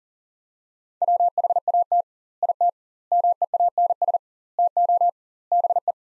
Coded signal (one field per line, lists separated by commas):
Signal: Morse code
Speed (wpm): 37 wpm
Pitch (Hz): 700 Hz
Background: none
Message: WHAT IT MEANS TO BE